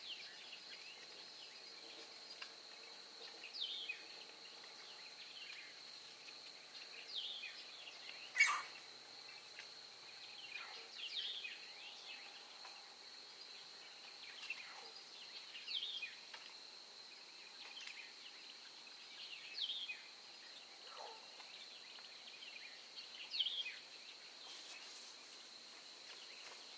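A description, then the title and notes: Outdoor ambience on a marsh trail: a steady, high insect drone runs through the whole recording beneath a thin, constant lower hum. Scattered bird chirps and calls drift in, with a sharp click near eight seconds. Recorded at dawn. The Anhinga Trail at Everglades National Park.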